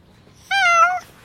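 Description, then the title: Domestic cat letting out a single short, steady meow lasting about half a second against a quiet background. Cat named Hachi, the idol cat of the Philosopher's Path, greeted in the morning and 'interviewed'; 2/17. "2/17 哲学の道のアイドル猫ハチさんにインタビューする"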